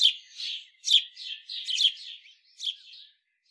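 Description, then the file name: House sparrow giving a short series of several harsh chirps, each followed by a softer buzzy trailing note, then falling silent. "Passer domesticus"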